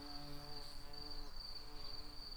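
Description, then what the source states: White-tailed bumblebee buzzing, a steady low hum with stacked harmonics that wavers and shifts partway through, with a faint constant high tone in the background. Queens.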